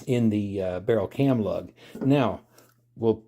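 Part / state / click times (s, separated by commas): recoil spring guide rod into pistol slide and barrel cam lug / not seated / none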